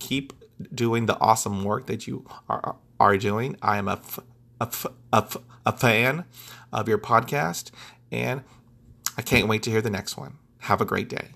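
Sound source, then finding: Adult male speaker. Stuttering.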